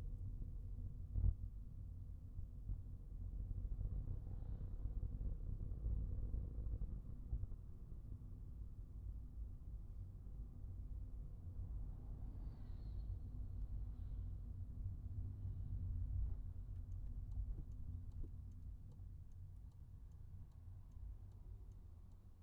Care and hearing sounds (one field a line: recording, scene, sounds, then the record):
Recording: everyday scene through a hearing-aid microphone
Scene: in a vehicle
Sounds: engine, traffic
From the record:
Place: Skoda Fabia, gasoline engine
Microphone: behind the ear, right, rear